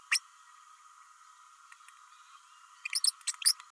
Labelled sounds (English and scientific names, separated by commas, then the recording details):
Green-rumped Parrotlet (Forpus passerinus) babbling
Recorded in a nest box in Venezuela
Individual 18B104A3